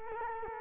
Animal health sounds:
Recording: mosquito wingbeat signal from an infrared sensor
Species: Culex quinquefasciatus

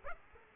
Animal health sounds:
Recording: mosquito wingbeat signal from an infrared sensor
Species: Aedes aegypti

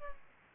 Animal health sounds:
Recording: mosquito wingbeat signal from an infrared sensor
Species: Aedes albopictus

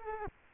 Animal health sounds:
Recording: mosquito wingbeat signal from an infrared sensor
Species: Culex quinquefasciatus

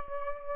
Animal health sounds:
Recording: mosquito wingbeat signal from an infrared sensor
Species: Aedes aegypti

